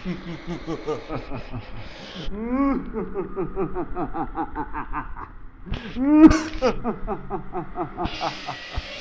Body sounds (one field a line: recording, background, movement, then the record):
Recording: laughter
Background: traffic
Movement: sitting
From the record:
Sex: male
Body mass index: 21.0 kg/m2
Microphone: on the chest, facing the body